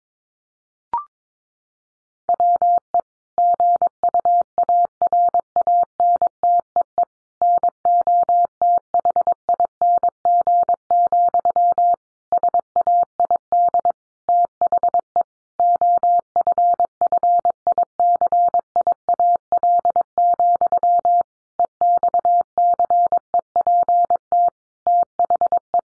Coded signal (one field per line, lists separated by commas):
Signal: Morse code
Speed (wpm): 22 wpm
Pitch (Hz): 700 Hz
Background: none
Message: WE GUARANTEE NOTHING, SAID THE OFFICIAL, EXCEPT THE